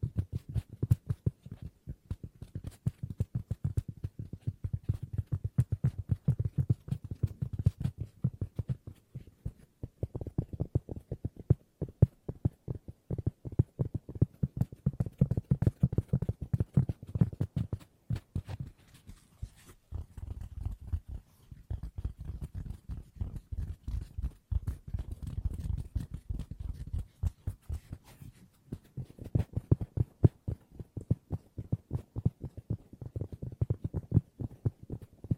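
Fast tapping with no talking, a dense, rapid stream of short knocks running the full length. The taps are mostly low and dull, with occasional brighter clicks, and come in bursts of varying loudness with brief thinner stretches around 10, 20 and 28 seconds.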